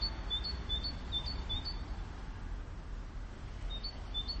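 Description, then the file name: Great tit song, a high two-note phrase repeated rapidly about five times, pausing, then resuming, over a steady low rumble. "Parus major"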